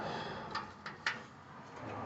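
A rubber spark plug boot is pushed onto the spark plug terminal of a Honda GX270 engine on a Baldor Powerchief PC50H 5000W generator. Two faint taps come at about 0.6 and 0.9 s, then the boot clicks home at 1.1 s with the loudest, sharpest snap. The boot is seated on the plug.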